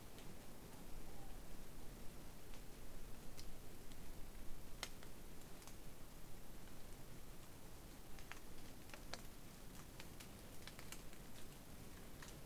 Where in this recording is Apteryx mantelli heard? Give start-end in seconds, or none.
none